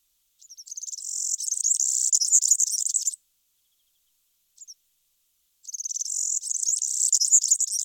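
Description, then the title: European serin singing a rapid, high, sizzling jingle for about two and a half seconds, a brief thin note, then another long tinkling burst. "Sylvain Jaskowiak - Mes piafs. Serin cini"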